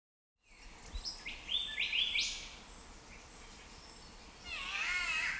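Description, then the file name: Australian golden whistler calling with a quick series of rising whistled notes climbing in pitch, then a different wavering, harmonic chatter near the end, over background hiss. "Pachycephala Pectoralis"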